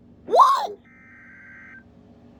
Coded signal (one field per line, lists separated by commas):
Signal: Emergency Alert System (SAME) tones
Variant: header bursts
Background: speech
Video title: MY FIRST FLASH FLOOD EMERGENCY EAS Alerts From 7/19/25 (EAS #146-153)